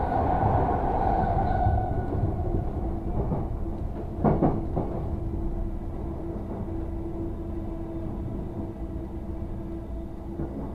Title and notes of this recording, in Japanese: 鉄道旅。武蔵小杉からは相鉄直通線で羽沢横浜国大を通りながら二俣川まで移動し、特急に乗り換えて大和へと向かいます。